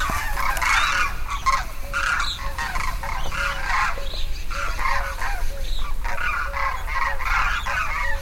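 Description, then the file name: Demoiselle crane calls: harsh, rattling croaks given in rapid overlapping bursts almost without pause, over a steady low rumble. "Grus virgo - Demoiselle Crane"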